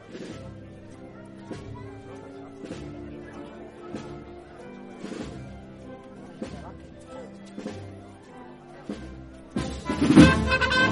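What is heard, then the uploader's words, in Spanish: The procession of María Santísima de Salud y Esperanza passes through San Benito, with sustained low chords that shift every few seconds and a regular beat about once a second. Near the tenth second a loud, bright crashing burst takes over until the end. Sonidos del trasncurrir del paso de María Santísima de Salud y Esperanza por el barrio de San Benito en su regreso tras haber participado del Vía Lucis Mariano. Acompaña la Banda de Música Nuestra Señora del Carmen de Salteras.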